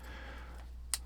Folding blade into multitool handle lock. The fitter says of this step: now this does lock into place